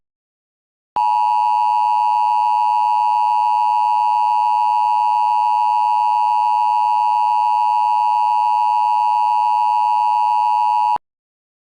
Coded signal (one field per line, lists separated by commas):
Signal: Emergency Alert System (SAME) tones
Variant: 853 and 960 Hz attention tone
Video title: EAS MOCK | The Entites of Missouri (REQUESTED)